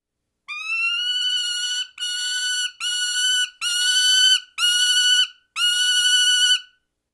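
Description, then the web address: Prairie falcon giving six drawn-out, harsh, strongly harmonic calls, each about a second long, with short pauses between them in an otherwise quiet background. "Thumbs Plus Zoo Field Guide"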